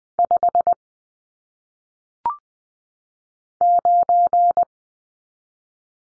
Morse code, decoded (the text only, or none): 5 9